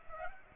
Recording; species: mosquito wingbeat signal from an infrared sensor; Aedes aegypti